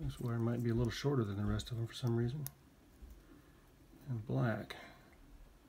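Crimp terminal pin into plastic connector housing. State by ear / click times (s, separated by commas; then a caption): not seated / none. Someone talks while handling the black wire's crimped terminal pin at the plastic connector housing of a damaged Commodore Datasette connector that is being repaired. Faint handling noise sits between the bursts of speech. Nothing has seated or clicked yet.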